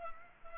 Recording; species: mosquito wingbeat signal from an infrared sensor; Culex pipiens